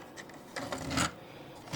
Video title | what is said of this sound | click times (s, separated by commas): LEGO Friends 2026 Unicorn Dream Cafe 42684 Build Part 2 & Tour | And this just snaps in place. | 0.6 s